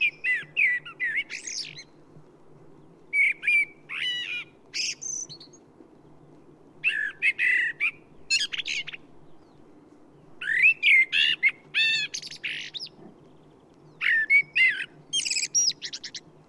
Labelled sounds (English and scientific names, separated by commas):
Common Blackbird (Turdus merula) song